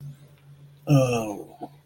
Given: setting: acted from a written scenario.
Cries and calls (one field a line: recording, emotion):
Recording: vocal sound without words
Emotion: disgust